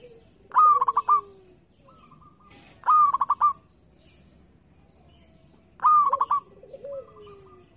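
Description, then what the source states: Zebra dove song: three staccato phrases of quick rolling coos two to three seconds apart, the first and last followed by a softer falling note. Local (lokal) type, singing.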